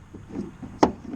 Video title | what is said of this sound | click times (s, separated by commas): How to Install a Bed Liner on a Ford Ranger | gonna pop in there | 0.8 s